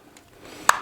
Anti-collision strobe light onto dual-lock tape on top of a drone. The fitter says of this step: and it snaps in place right there.